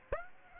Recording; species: mosquito wingbeat signal from an infrared sensor; Aedes aegypti